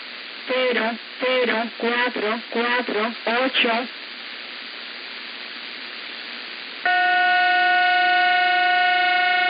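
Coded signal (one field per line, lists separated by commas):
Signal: numbers station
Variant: HM01, Spanish voice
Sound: six evenly spaced spoken words, a pause of hiss, then a steady chord of many tones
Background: radio static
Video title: 19 09 2022 Numbers HM01 Cuban Spy in Spanish 1002 on wrong 9240 Bejucal, instead of 9155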